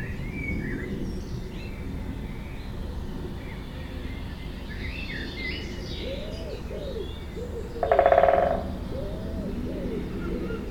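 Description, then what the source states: Woodpecker drumming: a single rapid, even roll lasting well under a second, set against calls from other birds. Binaural recording.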